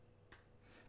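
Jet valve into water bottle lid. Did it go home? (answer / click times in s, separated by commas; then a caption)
yes / 0.3 s. A plastic jet valve for a Camelbak Podium water bottle lid is placed upside down into the lid and pushed down with the fingers until it seats. One sharp, snap-like click is heard at 0.3 s as it locks into place, with a soft hiss later in the clip.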